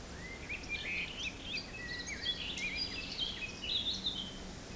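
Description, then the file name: Birds singing in a mixed chorus, with bright overlapping whistles and chirps, some rising and some falling, over a steady low rush of wind. Forest in spring, windy at Beaufort force 3, recorded at 1 pm. "Forest Spring Birds Windy 3 bft 1 pm"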